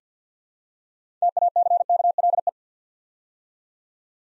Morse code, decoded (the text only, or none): TACKLE